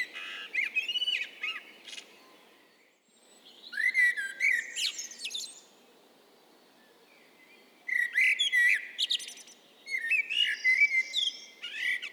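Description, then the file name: Eurasian blackbird calling in short bursts of squeaky, chattering twitters mixed with thin high notes, with quiet gaps between groups. "Turdus merula"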